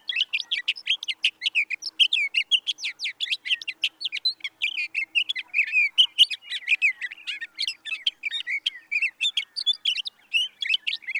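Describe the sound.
Sage thrasher song, an extended cascade of fast, varied warbles and chirps that continues throughout without stopping.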